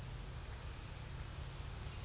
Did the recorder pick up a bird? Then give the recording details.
no. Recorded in secondary vegetation near Puerto Asís, Putumayo, Colombia, on 26 December 2024 at 07:30. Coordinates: 0.484, -76.319. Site GP06